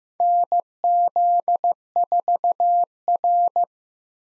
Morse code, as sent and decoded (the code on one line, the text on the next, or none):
-. --.. ....- .-.
NZ4R